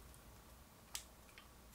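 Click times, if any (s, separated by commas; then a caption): 0.9 s. A soft plastic Burst ultra soft charcoal brush head is pushed onto the metal shaft of an electric toothbrush handle. It seats at 0.9 s with one short, sharp snap that is more squishy than a crisp click, followed by a fainter tick at 1.4 s, over a quiet low hum.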